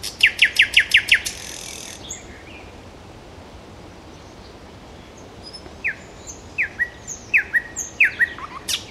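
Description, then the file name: Nightingale song: a rapid series of loud, sharp repeated notes, then a short buzzy burst, a pause, and spaced whistled and slurred notes. "solovejj"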